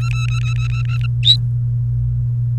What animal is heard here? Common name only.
Domestic Canary